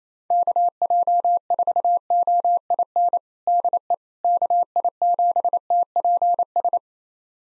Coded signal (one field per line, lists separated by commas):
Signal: Morse code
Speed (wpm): 27 wpm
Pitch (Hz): 700 Hz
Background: none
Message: KJ4OIN DE KI7TPS